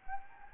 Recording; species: mosquito wingbeat signal from an infrared sensor; Anopheles gambiae